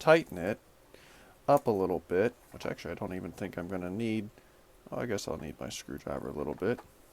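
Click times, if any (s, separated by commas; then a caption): none. Someone talks while handling a Glock 19X pistol and a Dragonhide Concealment OWB Kydex belt holster, about to adjust the holster's retention screw with a screwdriver. The pistol has not yet been pushed in, so nothing has seated or clicked.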